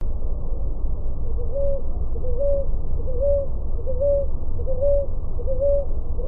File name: POMBINHA ROXA canto